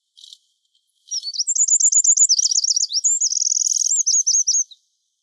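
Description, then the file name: Eurasian wren: a brief faint note, then a vigorous high song of fast rattling trills and twisting warbled phrases, about three and a half seconds long. "Troglodytes troglodytes"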